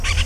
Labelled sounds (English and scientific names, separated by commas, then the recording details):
Brown-throated Parakeet (Eupsittula pertinax) contact call
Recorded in Venezuela
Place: PN Cerro Saroche, Tierras del Sr. Polo, Edo. Lara
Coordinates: 10.171, -69.518